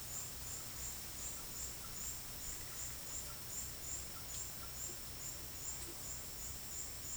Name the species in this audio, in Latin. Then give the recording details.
none. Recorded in dense forest near Puerto Asís, Putumayo, Colombia, on 21 February 2024 at 10:00. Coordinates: 0.487, -76.319. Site G6403